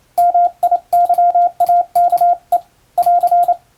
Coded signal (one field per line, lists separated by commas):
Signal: Morse code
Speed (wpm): 28 wpm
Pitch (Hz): 700 Hz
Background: radio noise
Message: MIYAKE <AR>